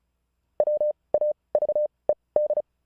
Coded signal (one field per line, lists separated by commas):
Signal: Morse code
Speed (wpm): 32 wpm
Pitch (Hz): 600 Hz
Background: none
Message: WAVED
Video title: Morse Code Is COOL Again!